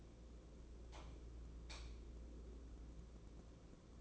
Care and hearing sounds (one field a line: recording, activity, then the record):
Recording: daily activity, microphone in the room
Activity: light on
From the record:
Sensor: 1